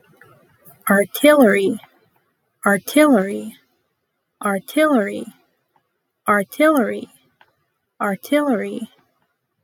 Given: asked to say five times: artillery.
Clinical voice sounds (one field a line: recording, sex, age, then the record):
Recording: repeated word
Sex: female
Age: 20 to 29 years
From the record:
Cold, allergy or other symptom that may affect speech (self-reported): no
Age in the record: 22 years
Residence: North Carolina, United States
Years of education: 16